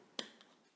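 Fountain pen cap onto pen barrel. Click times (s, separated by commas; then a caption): 0.2 s. The plastic snap cap of a Lamy Safari Original Savannah Green fountain pen (SE 2021) is pushed onto the pen barrel. It clicks into place with one sharp, bright click at 0.2 s, followed by a much fainter tick at 0.4 s. The cap is seated shut.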